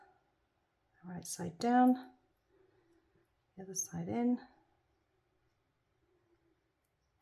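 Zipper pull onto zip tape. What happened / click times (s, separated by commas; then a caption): The zipper tape is being fed in, with no seating click yet / none. Someone talks while the second side of a zip tape is fed into a zipper pull and lined up, with faint handling sounds between the words. Nothing has clicked or seated yet; the pull is still to be pushed home.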